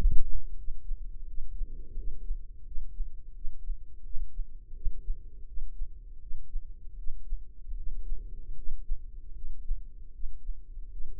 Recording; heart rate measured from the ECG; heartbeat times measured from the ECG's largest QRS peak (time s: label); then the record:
heart sounds by microphone in the left ear; 81 bpm
0.56 s: heartbeat
1.26 s: heartbeat
1.96 s: heartbeat
2.65 s: heartbeat
3.34 s: heartbeat
4.03 s: heartbeat
4.74 s: heartbeat
5.46 s: heartbeat
6.19 s: heartbeat
6.96 s: heartbeat
7.75 s: heartbeat
8.55 s: heartbeat
9.34 s: heartbeat
10.12 s: heartbeat
10.90 s: heartbeat
From the record:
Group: healthy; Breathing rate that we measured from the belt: 19 breaths a minute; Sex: female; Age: 43 years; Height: 160 cm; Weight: 90 kg